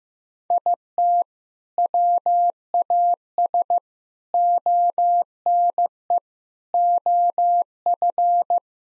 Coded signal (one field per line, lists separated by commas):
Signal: Morse code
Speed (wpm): 15 wpm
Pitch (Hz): 700 Hz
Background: none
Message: IT WAS ONE OF